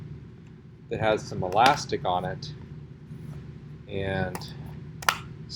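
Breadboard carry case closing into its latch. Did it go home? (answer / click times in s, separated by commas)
yes / 5.0 s, 5.1 s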